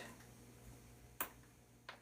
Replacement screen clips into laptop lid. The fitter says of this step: You can see the the little clicks right there. So you know the part is in place.